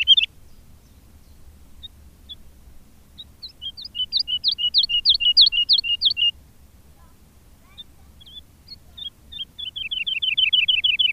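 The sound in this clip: Woodlark song with two phrases: a measured series of liquid descending notes, then after a pause a rapid trilling run of lower notes that swells in loudness.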